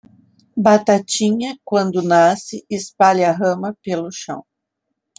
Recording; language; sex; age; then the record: short text; Brazilian Portuguese; female; 40 to 49 years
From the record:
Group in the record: control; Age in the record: 47 years